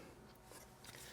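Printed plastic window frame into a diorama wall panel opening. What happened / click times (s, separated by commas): Handled, not yet home: plastic frame rubbed against the panel opening, no seating click / none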